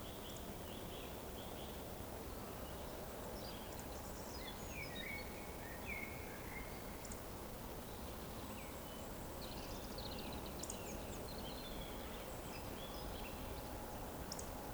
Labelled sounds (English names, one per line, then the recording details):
Eurasian Woodcock whistle
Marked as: whistle, whistle, whistle, whistle, whistle
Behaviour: display flight
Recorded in Baden-Württemberg, Germany, on 23 June 2020 at 20:08 UTC
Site 14569, 102 m above sea level